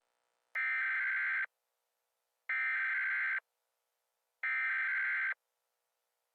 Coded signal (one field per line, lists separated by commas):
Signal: Emergency Alert System (SAME) tones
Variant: header bursts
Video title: Don't Say It, Don't Think It | PT.2 | #EAS #scenario